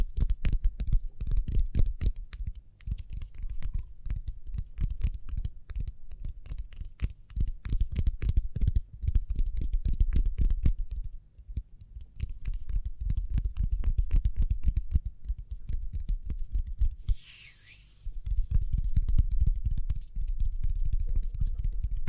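Speedy hand sounds, rapid dense tapping and rubbing with brief pauses near 11 and 17 seconds, plus a soft brushy swish.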